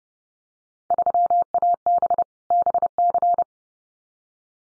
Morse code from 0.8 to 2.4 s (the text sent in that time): 3AB